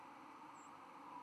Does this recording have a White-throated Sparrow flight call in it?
no